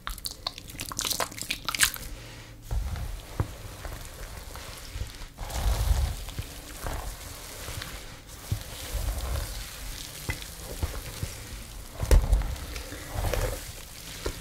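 Hair being brushed and shampooed: quick, bright scratchy strokes in the first two seconds give way to a steady, dense crackling and fizzing like lather being worked. Low, soft thumps land around three, six and twelve seconds.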